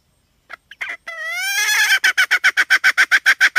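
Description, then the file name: Red junglefowl hen call: a few soft clucks, a long rising nasal squawk, then a rapid steady series of sharp clucks. "tieng ga mai rung"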